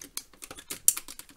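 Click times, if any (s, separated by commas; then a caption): 0.9 s. A reproduction plastic fist is pushed into the forearm of an action figure, with light plastic taps and clicks throughout. A sharp, loud click at 0.9 s shows the fist has seated and is locked inside the forearm.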